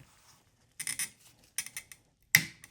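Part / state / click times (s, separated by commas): rear wiper blade onto wiper arm rod / seated / 2.3 s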